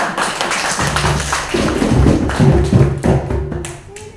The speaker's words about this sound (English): Clap for yourself, you have all tried. You have tried.